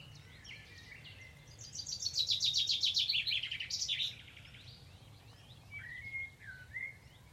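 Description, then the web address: Bird song: a fast run of high buzzy repeated notes lasting about two seconds, then soft whistled slurs and brief chirps, over a low background hum. "Deverinetal. Bird Only"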